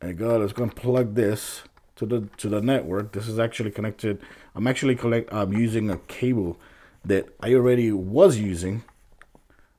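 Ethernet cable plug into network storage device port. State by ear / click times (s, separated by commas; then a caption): not seated / none. Someone talks while pushing an already-used Ethernet network cable plug into the port of a network storage device, with a few faint, brief sounds near the end around 9.2 to 9.6 s. Nothing has clicked or seated yet; the latch click is missed, and the connection is only assumed from the LEDs changing colour.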